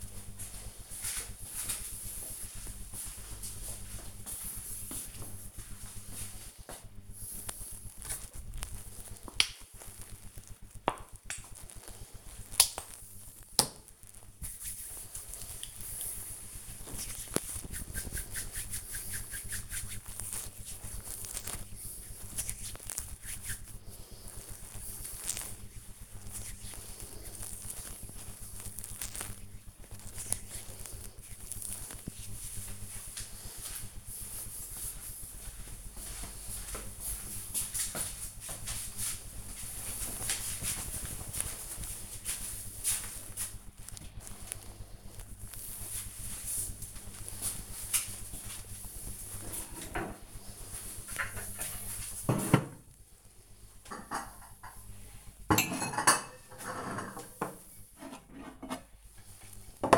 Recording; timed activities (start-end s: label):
household activities, microphone on the right wrist
7.56-29.69 s: cream hands